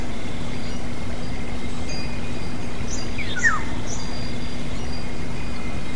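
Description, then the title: Black-naped oriole giving a single quick downward-slurred note, while soft high twitters from other birds and a constant hum run underneath. "kepodang"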